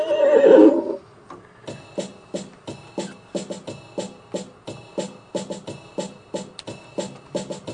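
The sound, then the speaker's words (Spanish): A horse gives a loud, brief whinny, then its hooves settle into a steady, rhythmic clip-clop that continues evenly to the end. “Problema que tiene que ver con el entrepierna que se enreda con la pata derecha del caballo.”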